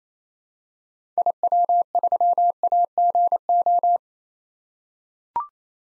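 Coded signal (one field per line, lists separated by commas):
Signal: Morse code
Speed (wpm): 28 wpm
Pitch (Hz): 700 Hz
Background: none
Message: IW3AGO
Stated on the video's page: Head-copy drill of common SOTA activator call signs in Morse at 28 wpm, each sent, spoken, then sent again.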